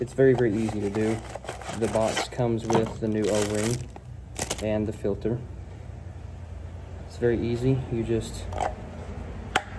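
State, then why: Seated. Someone talks while a new paper oil filter element for a 2018 Jeep Grand Cherokee 3.6L V6 VVT is pushed into its plastic filter housing cap. It snaps in with a short, sharp click at 9.6 s, showing the element is seated in the cap.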